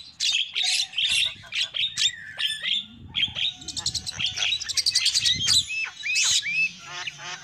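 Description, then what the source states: Lovebird chirps, quick shrill squeaks and short upslurred notes in bursts, some rapid buzzy trills, with faint low rumbling in the background. Lure call used for trapping lovebirds.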